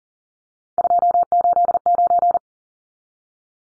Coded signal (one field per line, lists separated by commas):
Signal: Morse code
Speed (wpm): 40 wpm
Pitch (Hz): 700 Hz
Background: none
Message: 289